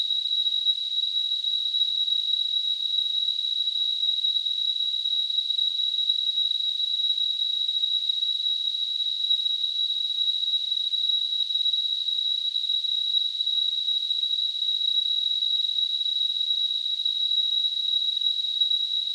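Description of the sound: Simulated tinnitus: a steady, continuous high-pitched tone near 4 kHz over a faint hiss of high-frequency noise, unchanging in pitch and loudness throughout, with nothing in the low frequencies.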